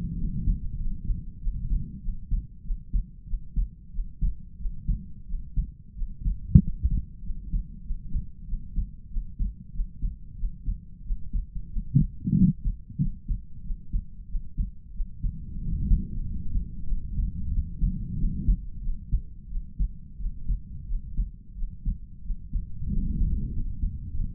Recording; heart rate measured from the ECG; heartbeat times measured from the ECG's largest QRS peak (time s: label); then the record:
heart sounds by stethoscope; 93 bpm
0.16 s: heartbeat
0.78 s: heartbeat
1.39 s: heartbeat
2.01 s: heartbeat
2.63 s: heartbeat
3.26 s: heartbeat
3.91 s: heartbeat
4.57 s: heartbeat
5.26 s: heartbeat
5.94 s: heartbeat
6.60 s: heartbeat
7.22 s: heartbeat
7.83 s: heartbeat
8.46 s: heartbeat
9.09 s: heartbeat
9.72 s: heartbeat
10.36 s: heartbeat
11.03 s: heartbeat
11.69 s: heartbeat
12.34 s: heartbeat
12.98 s: heartbeat
13.63 s: heartbeat
14.27 s: heartbeat
14.92 s: heartbeat
15.59 s: heartbeat
16.23 s: heartbeat
16.85 s: heartbeat
17.50 s: heartbeat
18.17 s: heartbeat
18.81 s: heartbeat
19.48 s: heartbeat
20.17 s: heartbeat
20.86 s: heartbeat
21.55 s: heartbeat
22.22 s: heartbeat
22.89 s: heartbeat
23.52 s: heartbeat
24.12 s: heartbeat
From the record:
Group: healthy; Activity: cold pressor test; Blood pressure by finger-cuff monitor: 93/66 mmHg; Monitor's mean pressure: 72 mmHg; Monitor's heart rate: 91 bpm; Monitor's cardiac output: 5.9 L/min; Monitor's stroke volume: 63 mL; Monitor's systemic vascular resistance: 880 dyn s/cm5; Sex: male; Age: 22 years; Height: 181 cm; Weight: 60 kg